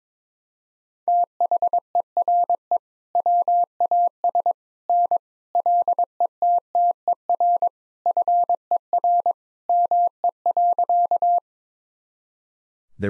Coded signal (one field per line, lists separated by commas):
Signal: Morse code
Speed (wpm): 22 wpm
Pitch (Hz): 700 Hz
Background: none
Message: THERE WAS N LETTER FER ME.